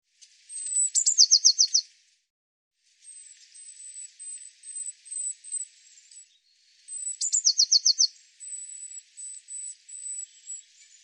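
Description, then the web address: Eurasian blue tit calling, a high thin note breaking into a rapid trill, then softer high notes, the pattern heard twice. "cianscape birddata Deverinetal 2025 File cleaned normalized Bird Cy Ca"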